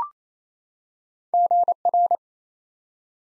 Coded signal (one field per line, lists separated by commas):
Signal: Morse code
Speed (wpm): 27 wpm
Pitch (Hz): 700 Hz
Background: none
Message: GR